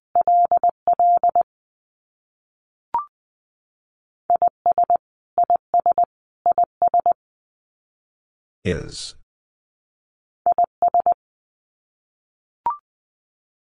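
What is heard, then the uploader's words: Morse code beeps at a steady mid pitch, sent in short rapid groups with pauses between them, around 0–1.5, 4.3–5, 5.5–7.2 and 10.5–11.2 seconds. A brief rising chirp sounds near 3 and 12.7 seconds, and a short crackling noise burst interrupts around 8.7 seconds. Top 300 Words Repeated 20wpm. First, the word is sent three times in Morse code. Finally, it is sent again in Morse code.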